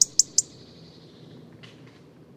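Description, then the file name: European robin tick calls: three very high, sharp clicks in quick succession at the start, then a faint lower note and quiet background. "Erithacus rubecula"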